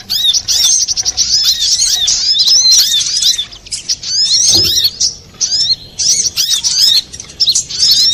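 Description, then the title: Little spiderhunter song, fast high chirping and trilled phrases in bursts, a brief dip in the middle, then more rapid squeaky notes. Master recording used for training cage birds. "Masteran Burung Sogok Ontong Labaik"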